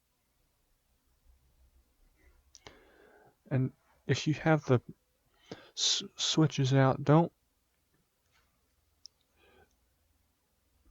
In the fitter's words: mess around with the case till it snaps in place